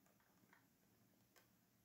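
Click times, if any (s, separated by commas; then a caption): none. A plastic piece from a Mattel Jurassic World Dominion playset is pushed into its slot in the playset base, heard as faint ticks and soft plastic rubs over a low steady hum. The piece does not snap in; it is pressed in without a click, and nothing has seated or clicked yet.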